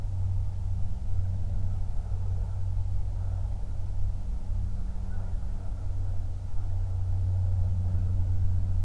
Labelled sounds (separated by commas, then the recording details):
flare stack, aircraft
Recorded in the Prudhoe Bay oil fields, Alaska, on 31 July 2019 at 08:44
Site 24